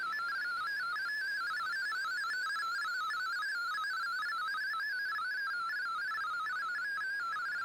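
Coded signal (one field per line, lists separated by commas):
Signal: multi-tone FSK (Olivia or MFSK type)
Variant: MFSK32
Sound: rapid warbling melody of stepped tones, like a fast chiptune, over hiss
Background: radio static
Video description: Here is my decode of the Shortwave Radiogram broadcast today on 15770Khz shortwave radio at 1330UTC in MFSK32 and 64 with 10 SSTV images.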